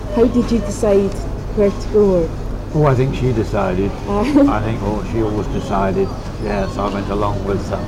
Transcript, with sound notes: How did you decide where to go?
Oh, I think she decided.
Ah! [laughs]
I think she always decided. Yes. I went along with erm.